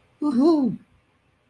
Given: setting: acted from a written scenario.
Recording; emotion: vocal sound without words; elation